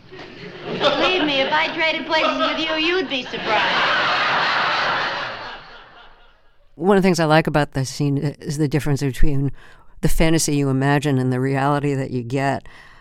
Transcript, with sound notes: Believe me, if I traded places with you, you'd be surprised.
(LAUGHTER)
One of the things I like about that scene is the difference between the fantasy you imagine and the reality that you get.